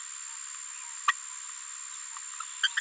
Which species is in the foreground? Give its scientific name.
Forpus passerinus